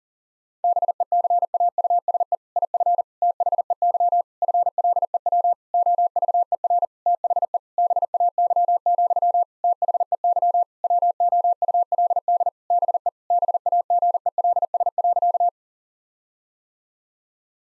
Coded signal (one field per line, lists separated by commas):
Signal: Morse code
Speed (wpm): 40 wpm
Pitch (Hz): 700 Hz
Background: none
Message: BECAUSE IF THEY FLEW OVER THE BAY, THEY WOULD BE BAGELS.